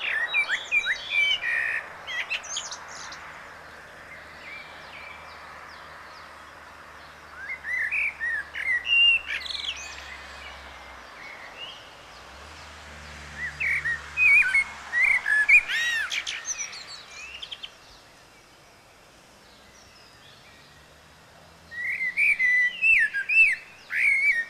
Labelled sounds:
Common Blackbird (Turdus merula) song

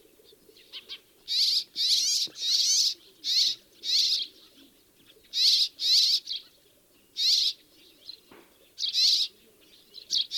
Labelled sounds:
Rock Sparrow (Petronia petronia) call

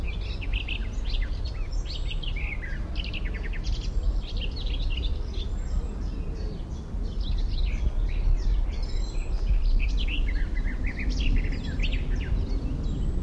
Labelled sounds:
Garden Warbler (Sylvia borin)

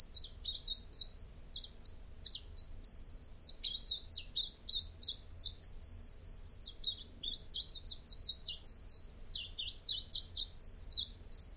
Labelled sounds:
Common Chiffchaff (Phylloscopus collybita) song

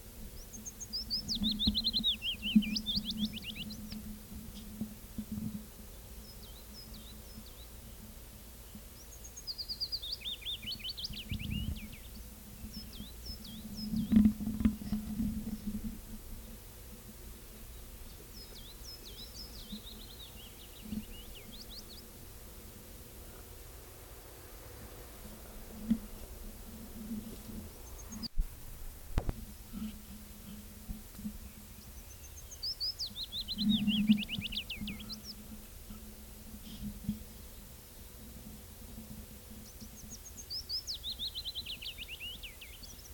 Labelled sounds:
Willow Warbler (Phylloscopus trochilus) song

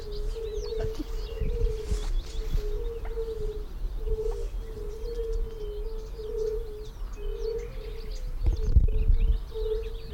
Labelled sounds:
Fire-Bellied Toad (Bombina bombina)

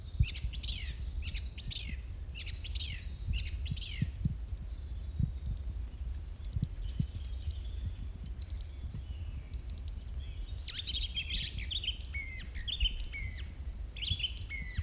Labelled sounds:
Song Thrush (Turdus philomelos) song

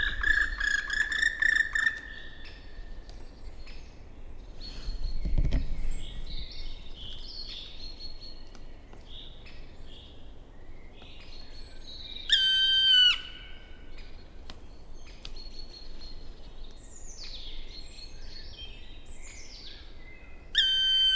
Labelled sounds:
Black Woodpecker (Dryocopus martius) flight call

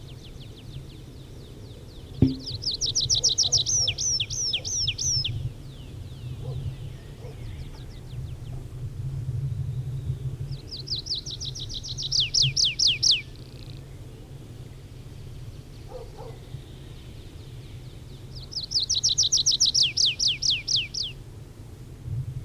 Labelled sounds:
Tree Pipit (Anthus trivialis) song

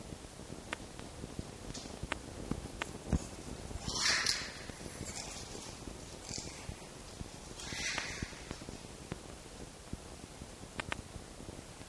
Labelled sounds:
Red Fox (Vulpes vulpes)

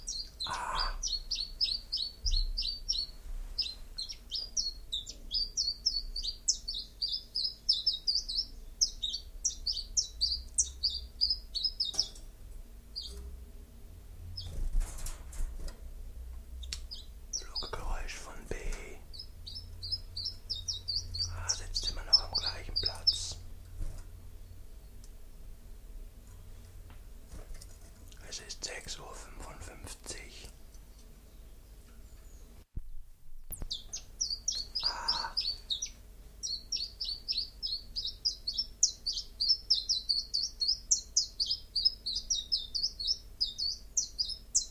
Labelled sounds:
Common Chiffchaff (Phylloscopus collybita) song

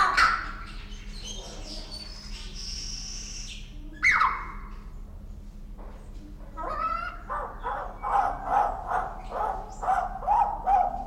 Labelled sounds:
Common Hill Myna (Gracula religiosa)

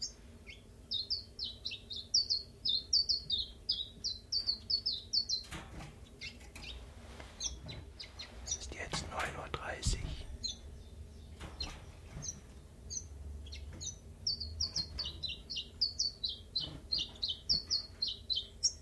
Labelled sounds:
Common Chiffchaff (Phylloscopus collybita)

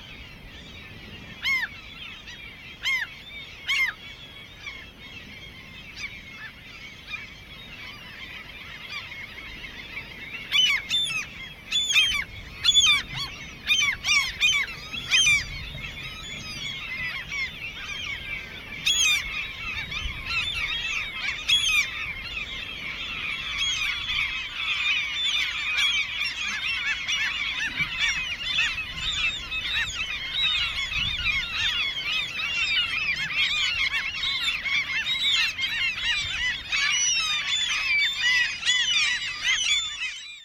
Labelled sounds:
Common Gull (Larus canus) call

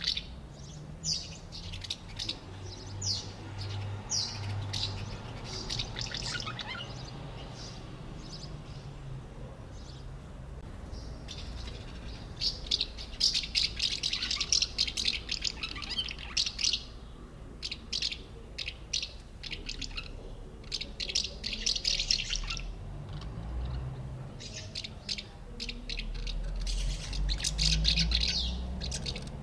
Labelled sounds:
Common House Martin (Delichon urbicum)

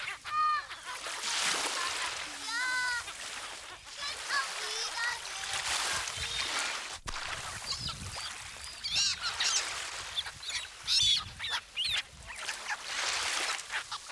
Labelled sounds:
Black-headed Gull (Chroicocephalus ridibundus) call

